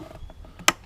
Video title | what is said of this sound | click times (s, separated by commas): How to change Spark Plugs on a M156 | push down you'll hear it click | 0.7 s